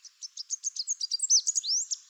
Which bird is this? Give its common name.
Chestnut-capped Warbler